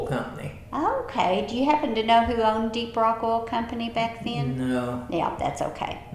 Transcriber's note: none